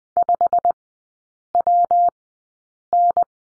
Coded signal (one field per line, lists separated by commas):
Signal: Morse code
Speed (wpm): 20 wpm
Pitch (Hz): 700 Hz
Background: none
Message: 5WN